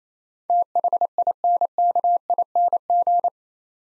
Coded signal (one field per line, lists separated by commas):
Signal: Morse code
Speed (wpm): 28 wpm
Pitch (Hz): 700 Hz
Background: none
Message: THINKING